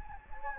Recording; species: mosquito wingbeat signal from an infrared sensor; Anopheles gambiae